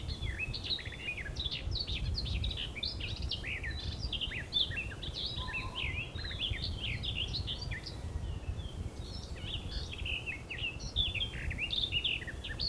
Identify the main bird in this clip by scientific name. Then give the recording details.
Sylvia borin. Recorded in the wild. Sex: male. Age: adult. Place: Ossiach, Ossiacher See, Kärnten, AT. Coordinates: 46.6763, 13.9632. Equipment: Hornyphon Bandgerät, Phillips Mikrofon Type EL 6020, Kopie DAT. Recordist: Brunner, Thomas